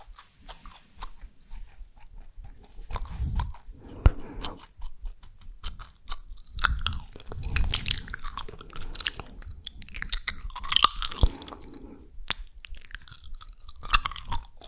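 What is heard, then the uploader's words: Mouth sounds of chewing, with wet crunches and sharp clicks recurring irregularly, heaviest bursts around four and eight seconds, brief pauses between. ASMR Mouth Sounds Chewing Sounds.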